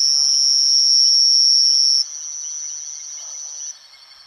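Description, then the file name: Two-colored oval frog giving a loud, steady high-pitched buzzing trill for two seconds, then a softer buzz continuing to nearly four seconds, over a constant insect chorus. Chajarí, Argentina; recorded 01/01/2013 at 20:17 h. "Elachistochleisbicolor Chajari 010120132017 hs"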